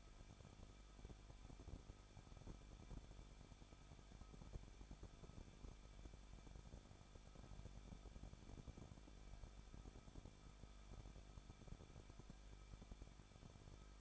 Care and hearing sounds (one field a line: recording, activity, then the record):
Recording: daily activity, microphone in the room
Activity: no activity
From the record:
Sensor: 5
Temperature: 20.9 degrees Celsius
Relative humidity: 38.2%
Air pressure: 1006.4 hPa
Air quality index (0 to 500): 187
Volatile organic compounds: 18 ppm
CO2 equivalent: 2628 ppm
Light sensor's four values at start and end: 2/3/1/1 and 2/3/1/1